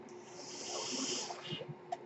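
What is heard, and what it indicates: One steady airy hiss of about a second and a half, then faint clicks: a home mechanical ventilator delivering a breath.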